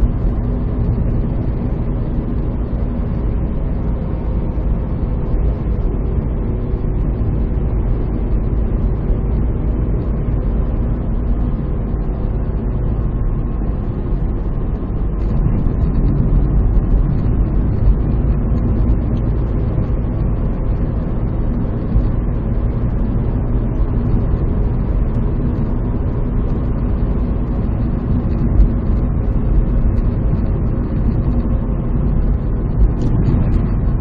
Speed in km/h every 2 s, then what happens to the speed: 80, 79, 76, 76, 77, 75, 73, 72, 75, 79, 79, 81, 81, 79, 79, 76, 73.
0-14 steady at about 76. 14-18 speeds up to 79. 18-24 steady at about 79. 24-34 slows to 73.